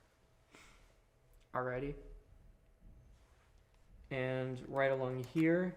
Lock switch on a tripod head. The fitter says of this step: to lock it back up, just flip it right back to where it was before, just like that.